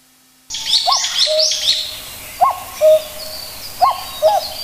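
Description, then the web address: Common cuckoo calling a falling two-note cu-ckoo three times, roughly every one and a half seconds. Thin high chirps from other birds come at the start. "sikioto. kakkou"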